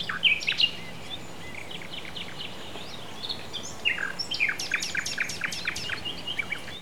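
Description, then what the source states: Several birds chirping and twittering, short high notes in busy clusters at the start and through the second half, with faint background noise. Countryside setting.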